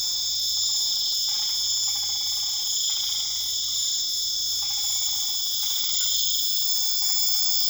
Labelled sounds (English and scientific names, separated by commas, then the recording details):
none
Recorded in pastures near Puerto Asís, Putumayo, Colombia, on 8 March 2025 at 23:30
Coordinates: 0.487, -76.322
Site G077